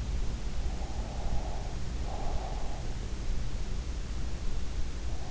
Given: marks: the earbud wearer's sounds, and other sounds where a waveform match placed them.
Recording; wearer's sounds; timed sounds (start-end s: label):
sounds in sleep by an in-ear microphone; breath
0.95-2.69 s: breath